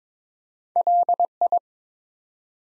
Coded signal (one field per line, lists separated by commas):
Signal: Morse code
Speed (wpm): 23 wpm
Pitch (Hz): 700 Hz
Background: none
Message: LI